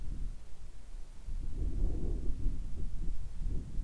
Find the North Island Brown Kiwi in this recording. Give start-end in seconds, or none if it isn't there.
none